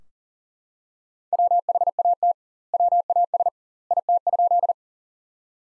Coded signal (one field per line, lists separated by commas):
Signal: Morse code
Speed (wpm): 37 wpm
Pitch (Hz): 700 Hz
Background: none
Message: WHAT WAS IT?